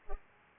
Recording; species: mosquito wingbeat signal from an infrared sensor; Culex pipiens